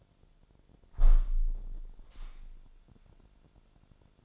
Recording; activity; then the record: daily activity, microphone in the room; close window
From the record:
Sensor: 5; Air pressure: 1006.6 hPa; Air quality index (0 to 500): 195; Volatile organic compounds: 6 ppm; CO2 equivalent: 1856 ppm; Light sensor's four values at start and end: 57/162/63/64 and 57/162/63/64